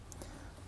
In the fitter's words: easier those snap push this access door up till it clicks